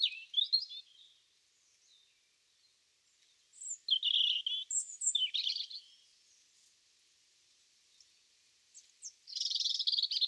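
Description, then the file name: European robin song: scattered high whistles and trilled phrases, a loud burst midway, and a dense rattling trill at the close. "Erithacus rubecula"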